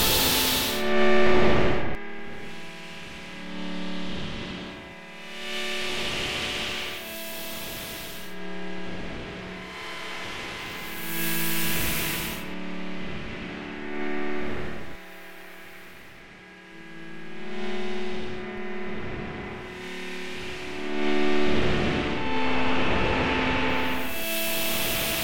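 A sine feedback oscillator run through a Moog-style filter and reverb produces layered, sustained tones with many stacked pitches that shift every second or two. Bright, hissy sweeps surge up repeatedly, notably near 1, 8, 21 and 25 seconds, over a low, droning base.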